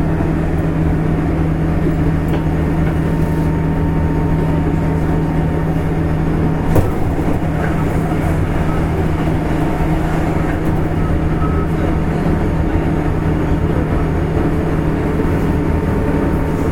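Running noise inside a JR West 201 series train on the Osaka Loop Line: a steady, dense low rumble with a constant deep hum and a faint whine above it. A brief knock sounds near seven seconds, and faint voices come and go.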